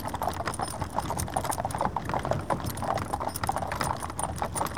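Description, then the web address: Horses' hooves clopping sharply and rapidly, many strikes in quick uneven succession over a rumbling low background. Horses drawing the Norwich Union stagecoach and four. "BBC Sound Effects Library - Horses Dogs Norwich Union Stagecoach And Four"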